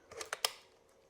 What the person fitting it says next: and you hear that snap. That means it's secured in place.